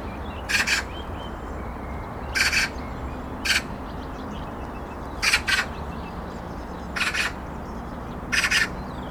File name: Pica pica